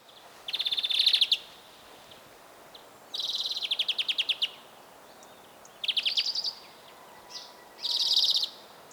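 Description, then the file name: European greenfinch giving four rapid buzzy trills, separated by pauses of one to two seconds. "Chloris chloris"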